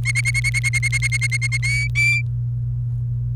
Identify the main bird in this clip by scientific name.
Serinus canaria